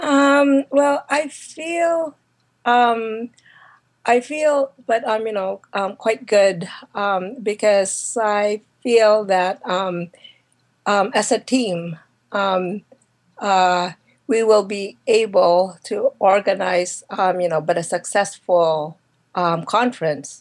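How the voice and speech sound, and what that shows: An adult woman who stutters openly, without hiding it, speaks in halting bursts broken by frequent silent gaps, stretched sounds and repeated 'um' fillers, often starting words with a tight catch in the throat. These blocks, prolongations and interjections fit stuttering, a disorder of speech fluency.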